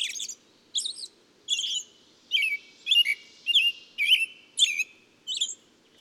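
Bird song: evenly spaced high chirps and short warbled notes, about two each second, over a quiet background.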